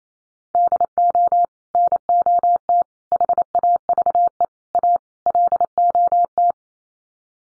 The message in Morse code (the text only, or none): DO NOT HAVE A LOT